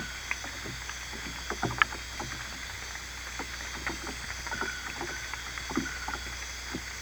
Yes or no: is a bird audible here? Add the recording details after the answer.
no. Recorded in dense forest near Puerto Asís, Putumayo, Colombia, on 22 December 2024 at 19:00. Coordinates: 0.486, -76.317. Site G003